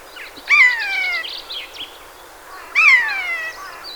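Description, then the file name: Eurasian jay giving two loud, harmonic calls that rise briefly then slide downward, with softer chattering notes between them. "Garrulus glandarius"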